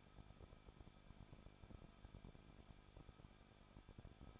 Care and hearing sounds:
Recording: daily activity, microphone in the room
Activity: no activity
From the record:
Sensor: 5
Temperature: 20.9 degrees Celsius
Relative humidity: 38.2%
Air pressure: 1006.4 hPa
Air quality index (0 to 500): 187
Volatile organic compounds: 18 ppm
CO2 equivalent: 2626 ppm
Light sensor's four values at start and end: 2/3/1/1 and 2/3/1/1

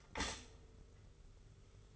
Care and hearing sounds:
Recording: daily activity, microphone in the room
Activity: stop toaster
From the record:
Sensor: 4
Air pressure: 991.5 hPa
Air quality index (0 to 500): 136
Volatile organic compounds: 54 ppm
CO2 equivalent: 3342 ppm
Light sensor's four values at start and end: 16/50/19/18 and 16/50/19/18

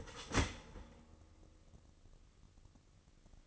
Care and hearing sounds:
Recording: daily activity, microphone in the room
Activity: start toaster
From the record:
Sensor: 4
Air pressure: 1007.9 hPa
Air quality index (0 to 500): 105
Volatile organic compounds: 1 ppm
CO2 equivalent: 775 ppm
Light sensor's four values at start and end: 9/19/8/8 and 9/19/8/8

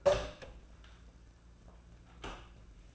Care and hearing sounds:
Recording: daily activity, microphone in the room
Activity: open door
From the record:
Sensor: 2

